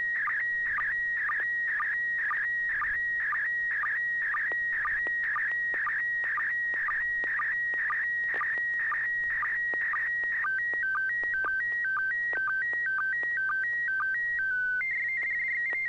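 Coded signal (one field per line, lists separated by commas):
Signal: SSTV (slow-scan television)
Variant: PD120 mode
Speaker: this is PD [Music] 120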